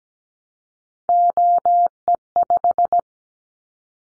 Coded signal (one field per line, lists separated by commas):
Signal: Morse code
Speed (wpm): 17 wpm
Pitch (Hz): 700 Hz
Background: none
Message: OE5